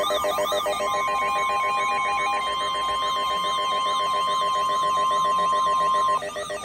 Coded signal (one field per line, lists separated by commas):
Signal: Emergency Alert System (SAME) tones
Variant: 1050 Hz attention tone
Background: music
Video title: EAS #3440-3446 Severe Thunderstorm Warning (7-24-25)